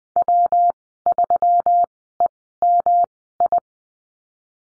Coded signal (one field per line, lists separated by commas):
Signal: Morse code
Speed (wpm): 19 wpm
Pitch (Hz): 700 Hz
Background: none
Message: W3EMI